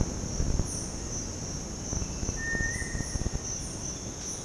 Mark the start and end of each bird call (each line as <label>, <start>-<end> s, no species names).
bird call, 0.59-4.44 s